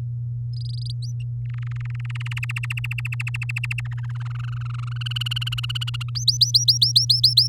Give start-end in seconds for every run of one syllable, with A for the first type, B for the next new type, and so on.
0.53-0.92 A, 1.02-1.11 B, 1.46-2.39 C, 2.42-3.81 D, 3.85-4.98 E, 5.01-6.10 F, 6.15-7.48 B